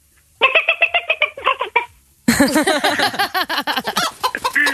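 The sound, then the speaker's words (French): A person imitates a hen, first with a quick run of evenly paced clucks, then after a short pause bursts into loud, frantic, rapid squawking, like a chicken that has just been kicked. “Après, il y a la poule qui se prend un coup de pompe au cul.”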